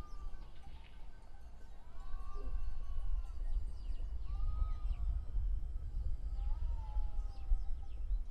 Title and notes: ovelhas na quinta da costa. gravaçao de campo no concelho de oliveira do hospital. field recordings in portugal